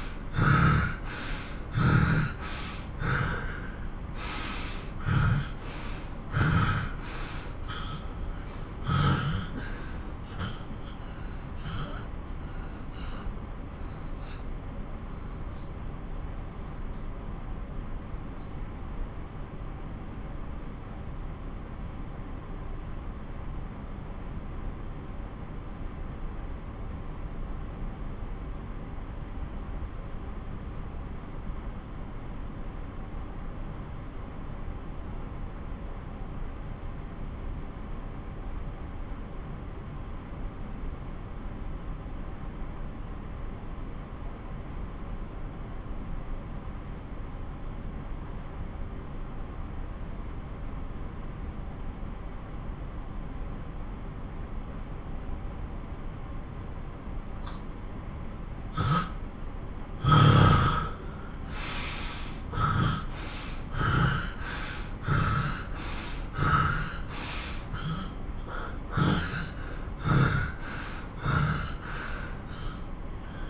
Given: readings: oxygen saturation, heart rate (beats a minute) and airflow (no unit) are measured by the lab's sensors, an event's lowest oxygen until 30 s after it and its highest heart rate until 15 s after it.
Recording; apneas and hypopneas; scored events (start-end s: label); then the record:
breathing in sleep by a smartphone at the bedside; 1
11.00-58.70 s: obstructive apnea (N1, oxygen 94% highest, then 83% lowest)
17.00-47.00 s: new sleep stage, N2 (light sleep)
47.00-73.50 s: new sleep stage, N1 (lightest sleep)
From the record:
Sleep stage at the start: N1 (lightest sleep); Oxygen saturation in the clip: 79 to 94%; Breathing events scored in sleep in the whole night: 217 in 6.3 hours asleep